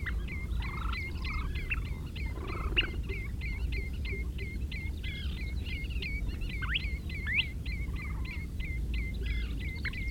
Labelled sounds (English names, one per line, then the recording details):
Kentish Plover call
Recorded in the wild
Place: Istria, Dobrogea, RO
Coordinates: 44.57, 28.713
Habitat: coast
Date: 1973-05-08
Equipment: Nagra III BH, Sennheiser MD 21, parabola
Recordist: Schubert, Michael